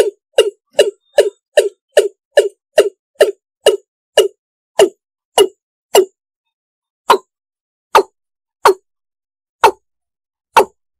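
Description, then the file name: Frog calls as quick, clipped knocks, a rapid run of about fourteen slowing into widely spaced single notes. "tieng ga dong"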